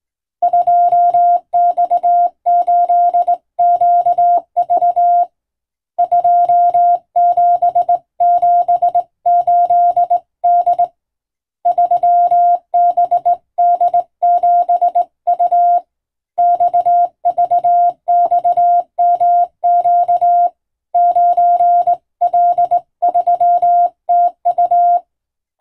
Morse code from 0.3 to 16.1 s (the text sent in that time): 2X8QV 2778D 3BD7U